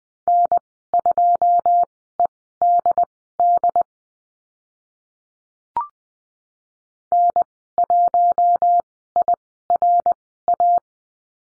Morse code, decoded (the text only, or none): N2EDD N1IRA